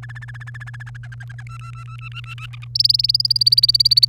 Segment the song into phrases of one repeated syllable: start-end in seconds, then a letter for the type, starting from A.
0.02-0.83 A, 0.86-1.43 B, 1.46-2.46 C, 2.75-4.05 D